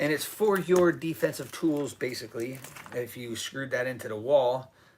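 A knife in its sheath is handled near a rubberized rare-earth magnet mount meant for defensive tools, which can be screwed into a wall. Someone talks throughout the clip, with no sharp snap heard. Nothing has seated or clicked yet; the knife has not yet snapped onto the mount.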